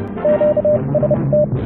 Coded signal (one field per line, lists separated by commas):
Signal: Morse code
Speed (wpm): 30 wpm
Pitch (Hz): 590 Hz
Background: radio noise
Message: QST